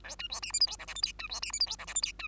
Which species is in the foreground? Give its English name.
Bengalese Finch